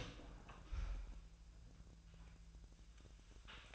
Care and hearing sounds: daily activity, microphone in the room; open door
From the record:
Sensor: 2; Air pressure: 1001.3 hPa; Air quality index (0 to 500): 245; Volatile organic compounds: 82 ppm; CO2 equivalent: 3622 ppm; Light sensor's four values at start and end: 10/23/10/10 and 10/24/10/10

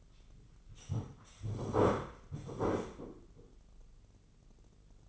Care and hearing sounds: daily activity, microphone in the room; sit down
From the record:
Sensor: 4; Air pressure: 996.8 hPa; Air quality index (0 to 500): 241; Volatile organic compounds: 350 ppm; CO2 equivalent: 4583 ppm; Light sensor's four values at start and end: 45/111/46/46 and 45/112/46/46

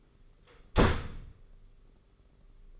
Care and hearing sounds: daily activity, microphone in the room; close door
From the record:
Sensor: 4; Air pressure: 991.2 hPa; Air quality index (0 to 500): 134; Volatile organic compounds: 47 ppm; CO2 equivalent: 3260 ppm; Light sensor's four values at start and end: 10/25/10/11 and 9/22/8/9

